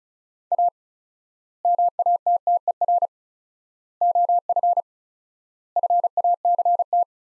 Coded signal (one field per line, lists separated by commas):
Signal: Morse code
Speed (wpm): 34 wpm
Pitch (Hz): 700 Hz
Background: none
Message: A MATTER OF FACT